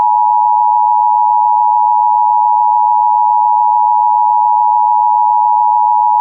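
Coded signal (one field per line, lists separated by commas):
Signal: Emergency Alert System (SAME) tones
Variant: 853 and 960 Hz attention tone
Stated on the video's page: Fictional scenario using valid tones, made for entertainment.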